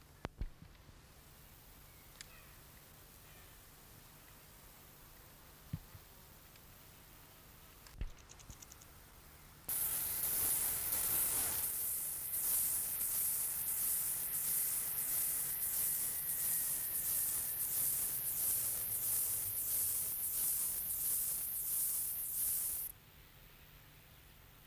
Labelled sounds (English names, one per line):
Stripe-winged Grasshopper stridulation